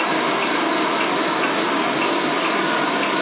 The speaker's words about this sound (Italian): Si sente quell'orologio che hai detto, quel pendolo che fra l'altro è anche messo, non è messo in verticale, impostato perché fa tic-tac, quindi deve essere storto, poi deve mettere la piombo. Perché addirittura si sente il tic-tac